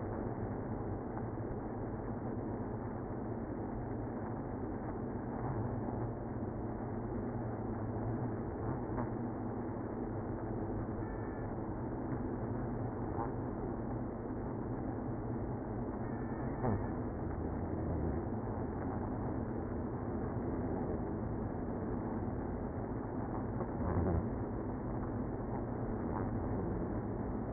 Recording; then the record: honeybee colony, microphone inside the hive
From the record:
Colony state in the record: queenless (queen removed); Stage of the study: after two queens were removed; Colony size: about 60,000 bees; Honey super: yes